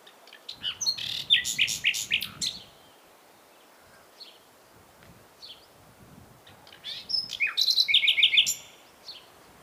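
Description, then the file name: Common nightingale song: two vigorous phrases of fast repeated notes and sharp trills, the second ending in a rapid rattling series, separated by a quieter pause with soft chirps. "Luscinia megarhynchos"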